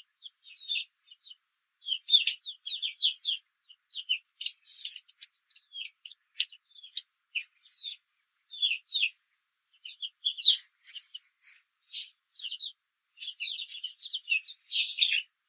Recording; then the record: young laying hens in a cage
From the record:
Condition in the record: control cage, after the stress test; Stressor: none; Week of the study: 4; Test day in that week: 1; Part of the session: 2